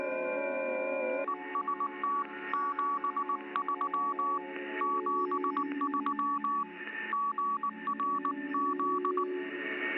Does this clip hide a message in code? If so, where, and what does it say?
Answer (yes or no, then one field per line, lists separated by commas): yes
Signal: Morse code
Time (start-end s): 1.3-9.2 s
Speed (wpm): 19 wpm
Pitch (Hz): 1140 Hz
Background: radio noise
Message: EST 73 73 GRZ